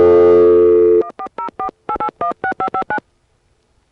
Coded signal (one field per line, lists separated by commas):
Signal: DTMF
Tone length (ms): 90 ms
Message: 14048816559